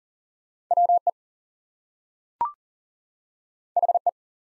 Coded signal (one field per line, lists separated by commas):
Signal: Morse code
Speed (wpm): 39 wpm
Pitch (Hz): 700 Hz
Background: none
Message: WE HE